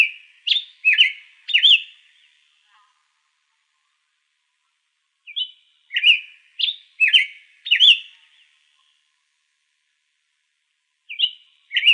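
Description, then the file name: Hepatic tanager singing short phrases of clear, slurred whistled notes: a burst of several notes, a long pause, another burst, then the start of a third. Recorded in Arizona on 1 February 2006. "HETA 2 deviche"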